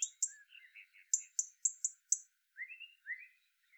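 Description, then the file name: European robin song, quiet sequence of sharp very high repeated ticks mixed with soft low rising warbles. "Erithacus rubecula"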